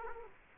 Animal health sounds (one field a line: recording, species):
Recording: mosquito wingbeat signal from an infrared sensor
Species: Culex quinquefasciatus